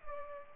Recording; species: mosquito wingbeat signal from an infrared sensor; Culex pipiens